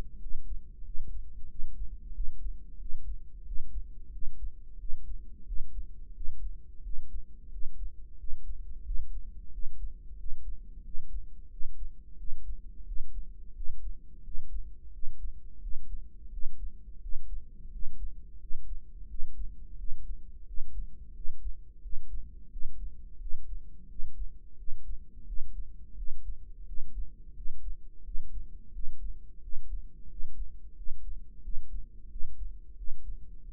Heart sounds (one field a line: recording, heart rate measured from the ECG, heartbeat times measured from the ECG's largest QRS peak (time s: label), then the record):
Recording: heart sounds by microphone in the right ear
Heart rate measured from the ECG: 88 bpm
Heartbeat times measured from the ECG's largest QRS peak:
0.22 s: heartbeat
0.86 s: heartbeat
1.50 s: heartbeat
2.15 s: heartbeat
2.81 s: heartbeat
3.47 s: heartbeat
4.14 s: heartbeat
4.80 s: heartbeat
5.47 s: heartbeat
6.16 s: heartbeat
6.85 s: heartbeat
7.52 s: heartbeat
8.19 s: heartbeat
8.86 s: heartbeat
9.53 s: heartbeat
10.19 s: heartbeat
10.85 s: heartbeat
11.51 s: heartbeat
12.19 s: heartbeat
12.87 s: heartbeat
13.56 s: heartbeat
14.25 s: heartbeat
14.94 s: heartbeat
15.62 s: heartbeat
16.32 s: heartbeat
17.02 s: heartbeat
17.73 s: heartbeat
18.41 s: heartbeat
19.09 s: heartbeat
19.79 s: heartbeat
20.48 s: heartbeat
21.15 s: heartbeat
21.83 s: heartbeat
22.52 s: heartbeat
23.21 s: heartbeat
23.90 s: heartbeat
24.59 s: heartbeat
25.27 s: heartbeat
25.98 s: heartbeat
26.68 s: heartbeat
27.36 s: heartbeat
28.05 s: heartbeat
28.74 s: heartbeat
29.43 s: heartbeat
30.10 s: heartbeat
30.77 s: heartbeat
31.44 s: heartbeat
32.11 s: heartbeat
32.78 s: heartbeat
33.44 s: heartbeat
From the record:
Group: healthy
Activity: rest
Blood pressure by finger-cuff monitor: 130/78 mmHg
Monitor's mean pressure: 96 mmHg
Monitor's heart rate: 88 bpm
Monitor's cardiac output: 7.6 L/min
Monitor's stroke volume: 86 mL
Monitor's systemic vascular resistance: 940 dyn s/cm5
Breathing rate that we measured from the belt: 18 breaths a minute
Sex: male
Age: 21 years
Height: 175 cm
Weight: 72.6 kg